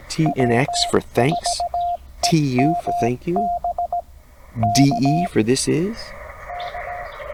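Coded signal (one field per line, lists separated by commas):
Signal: Morse code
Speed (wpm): 17 wpm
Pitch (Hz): 700 Hz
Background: speech, radio noise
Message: W4EMB K K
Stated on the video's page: CW POTA activation from a Tennessee state park using TR45L Skinny radio, MC-750 vertical whip with four radials, Bamatech TP III key, 12 Ah battery.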